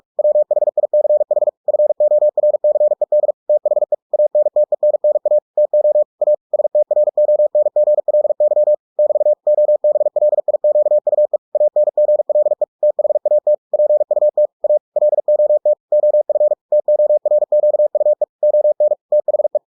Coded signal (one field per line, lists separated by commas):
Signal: Morse code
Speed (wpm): 46 wpm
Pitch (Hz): 600 Hz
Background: none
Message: WHICH FORCED THE ANTENNA TO A STRONGLY <BT> OBLIQUE ANGLE THAT PUT A LOT OF TORQUE ON THE